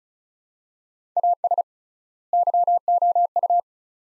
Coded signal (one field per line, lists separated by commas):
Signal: Morse code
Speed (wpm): 36 wpm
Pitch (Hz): 700 Hz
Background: none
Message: AS YOU